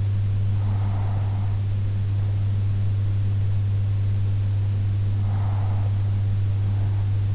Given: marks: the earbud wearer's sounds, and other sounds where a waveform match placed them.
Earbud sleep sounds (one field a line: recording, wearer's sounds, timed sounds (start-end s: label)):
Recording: sounds in sleep by an in-ear microphone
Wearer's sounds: breath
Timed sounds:
0.35-2.35 s: breath
5.35-7.35 s: breath